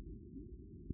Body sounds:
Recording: neck accelerometer signal played as sound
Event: no cough (speech, laughter, throat clearing or background)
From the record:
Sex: male

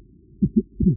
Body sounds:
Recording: neck accelerometer signal played as sound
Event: voluntary cough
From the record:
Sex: female

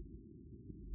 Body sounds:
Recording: neck accelerometer signal played as sound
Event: no cough (speech, laughter, throat clearing or background)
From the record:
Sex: female

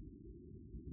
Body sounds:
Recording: neck accelerometer signal played as sound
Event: no cough (speech, laughter, throat clearing or background)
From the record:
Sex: male

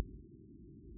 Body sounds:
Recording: neck accelerometer signal played as sound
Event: no cough (speech, laughter, throat clearing or background)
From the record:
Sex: male

